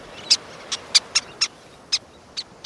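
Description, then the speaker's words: Least Tern calls: several short, very high, squeaky notes given singly at uneven intervals over a soft background hiss. Least terns, likened to squeaky toys, may nest on big sandy beaches and dive in the surf to catch small fish. "Sounding like squeaky toys, least terns dive in the surf, catching small fish."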